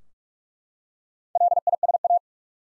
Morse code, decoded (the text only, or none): LISA